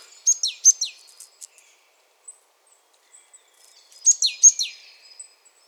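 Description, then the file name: Marsh tit calls: two quick bursts of sharp high notes with falling slurred tails, about four seconds apart, with quiet pauses between. "Poecile palustris"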